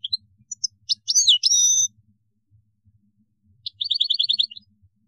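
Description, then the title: European goldfinch song: quick liquid twittering notes followed by a short buzzy rattling trill, with brief pauses between phrases. "Chant Chardonneret"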